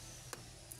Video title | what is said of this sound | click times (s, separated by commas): COMO REPARAR REJILLA ROTA DE NEBLINERO DE UN AUTO | hace clic quiere decir que ya llegó al fondo | 0.3 s, 0.7 s